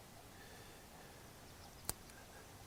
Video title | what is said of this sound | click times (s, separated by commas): Installing a new updated Valve cover Ford Edge 35L part BR3Z 6582 R to prevent oil consumption | it snapped in place | 1.9 s